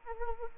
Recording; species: mosquito wingbeat signal from an infrared sensor; Anopheles arabiensis